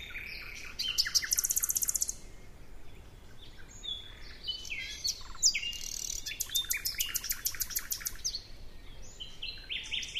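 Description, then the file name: Common nightingale song: varied phrases with a fast, rattling run of repeated high notes early on, then bursts of sharp chirps and another rapid repeated-note trill. "Luscinia megarhynchos"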